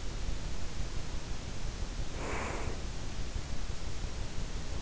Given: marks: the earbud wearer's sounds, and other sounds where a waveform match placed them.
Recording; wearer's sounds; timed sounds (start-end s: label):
sounds in sleep by an in-ear microphone; breath
1.77-3.01 s: breath